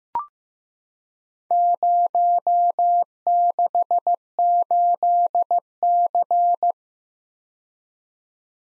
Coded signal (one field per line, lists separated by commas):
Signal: Morse code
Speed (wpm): 15 wpm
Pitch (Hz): 700 Hz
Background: none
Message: 068C